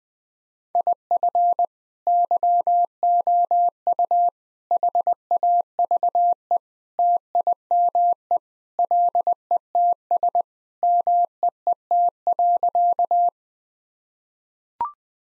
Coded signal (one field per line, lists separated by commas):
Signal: Morse code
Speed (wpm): 20 wpm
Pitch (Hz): 700 Hz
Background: none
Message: IF YOU HAVE TIME LETS MEET.